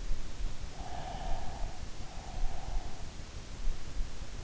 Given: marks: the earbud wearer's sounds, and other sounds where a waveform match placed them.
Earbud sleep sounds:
sounds in sleep by an in-ear microphone; breath
0.82-3.21 s: breath

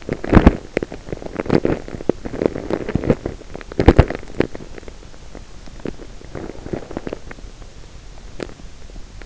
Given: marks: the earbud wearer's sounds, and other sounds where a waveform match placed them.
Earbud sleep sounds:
sounds in sleep by an in-ear microphone; teeth grinding
0.00-5.00 s: teeth grinding
5.52-7.60 s: teeth grinding
8.12-8.97 s: teeth grinding

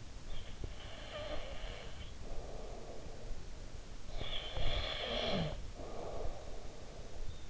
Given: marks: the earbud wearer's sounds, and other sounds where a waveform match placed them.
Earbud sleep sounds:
sounds in sleep by an in-ear microphone; breath
0.07-3.67 s: breath
3.87-7.50 s: breath

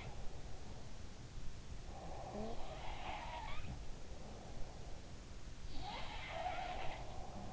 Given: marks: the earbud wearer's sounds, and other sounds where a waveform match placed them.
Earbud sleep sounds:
sounds in sleep by an in-ear microphone; breath
0.00-1.05 s: sound from someone else or the room
1.92-2.89 s: breath
2.27-4.97 s: sound from someone else or the room
5.49-7.53 s: sound from someone else or the room

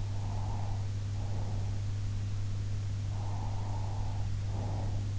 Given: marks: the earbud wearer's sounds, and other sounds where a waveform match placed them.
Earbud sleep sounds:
sounds in sleep by an in-ear microphone; breath
0.12-1.76 s: breath
3.12-5.00 s: breath

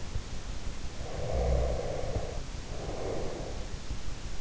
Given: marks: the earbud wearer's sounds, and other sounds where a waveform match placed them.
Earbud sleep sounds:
sounds in sleep by an in-ear microphone; breath
0.76-3.95 s: breath

